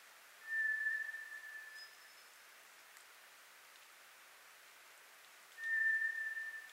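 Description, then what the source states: White's thrush whistling: two long, monotone, pure notes about five seconds apart, with a brief, faint, higher whistle after the first, over light background hiss. Recorded on 24 April 2010; Japanese name toratugumi.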